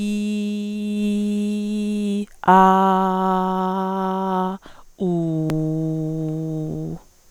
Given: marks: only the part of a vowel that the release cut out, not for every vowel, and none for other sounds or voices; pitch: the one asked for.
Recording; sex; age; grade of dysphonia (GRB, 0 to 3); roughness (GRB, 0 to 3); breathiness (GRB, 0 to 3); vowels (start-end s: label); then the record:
sustained vowels; female; 40 to 49 years; 0; 0; 0
0.00-1.92 s: vowel /i/, normal pitch
2.68-4.23 s: vowel /a/, normal pitch
5.53-6.64 s: vowel /u/, normal pitch
From the record:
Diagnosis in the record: hyperfunctional dysphonia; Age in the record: 46 years